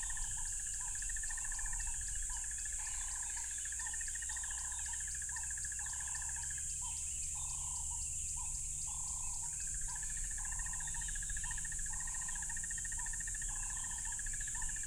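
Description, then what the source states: Crickets in a high steady drone, with a rapid buzzing trill and lower pulsed notes repeated at a steady pace. Loud crickets by a tropical river.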